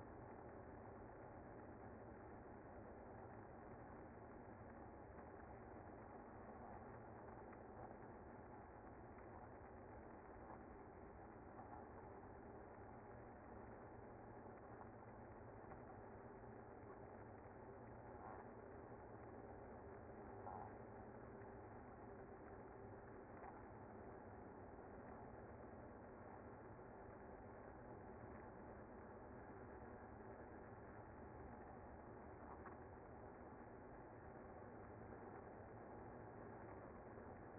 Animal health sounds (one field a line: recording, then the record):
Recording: honeybee colony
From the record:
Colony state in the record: active